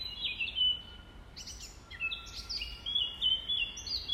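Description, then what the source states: Nightingale song: sharp chirps and a short buzzy burst, followed by clear, drawn-out whistles on slightly different pitches, with faint hiss behind. Recorded at dawn on 5 May 2020, around 05:33.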